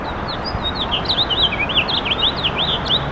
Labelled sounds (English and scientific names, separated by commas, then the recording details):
House Finch (Haemorhous mexicanus) song
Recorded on Long Island, New York, on 7 June 2012
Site SU
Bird B